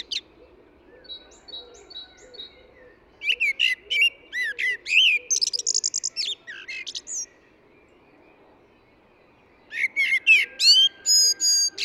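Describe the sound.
Eurasian blackbird song: fluty warbled phrases mixed with high squeaky twitters, a short pause, then a fresh burst of rich whistles.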